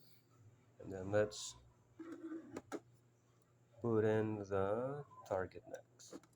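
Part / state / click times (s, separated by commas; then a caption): SATA hard drive into docking station slot / not seated / none. A target SATA hard drive is handled and brought to the second bay of an Orico 6228US3-C offline cloning dock while someone talks. Brief sharp handling taps are heard near 2.6 and 2.7 seconds. The clip ends before the drive goes home, so nothing has seated or clicked yet.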